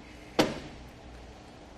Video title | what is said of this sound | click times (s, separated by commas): etrailer - Compatible? Yes! The Kuat NV 2.0 Bike Rack for 2 Bikes Fits a 2011 Honda Pilot | hear that click and it's back in place | 0.4 s